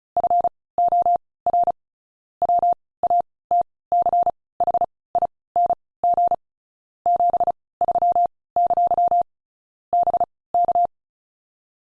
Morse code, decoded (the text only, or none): FOR WATCHING 73! BK